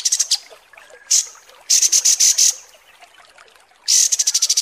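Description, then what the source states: Kapas tembak song in bursts of rapid, sharp, very high chattering notes, separated by pauses. Masteran training recording of kapas tembak song, labelled 'mewah'.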